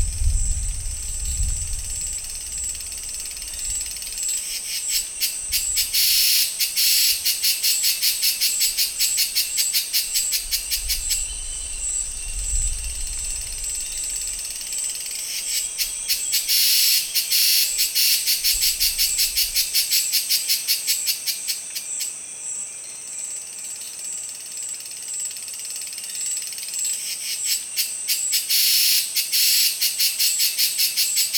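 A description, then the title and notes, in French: Dense, bright cicada buzzing pulses in rapid waves, swelling every few seconds, over a faint low distant rumble early on. Avancée en forêt. La chaleur augmente, l’air est lourd, les cigales prennent le dessus et le grondement au loin annonce une pluie imminente. Tauary, petit village au coeur de la forêt amazonienne.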